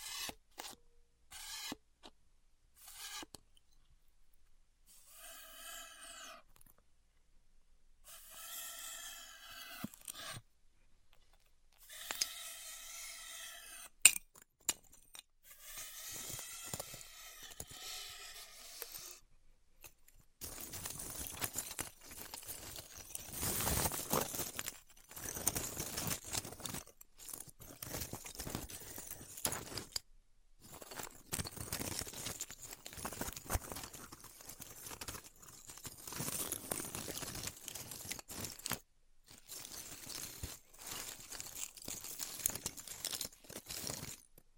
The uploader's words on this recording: ASMR Styrofoam Heat Cutting (No Talking).